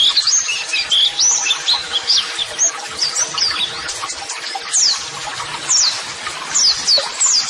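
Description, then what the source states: White-eye song: dense, high, twittering chatter with quick downslurred whistled notes, continuous throughout. White-eye singing vigorously ('gacor'), used as a model song (masteran) for training.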